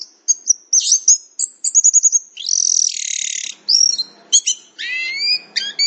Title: anis kembang